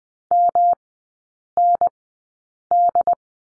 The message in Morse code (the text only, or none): MND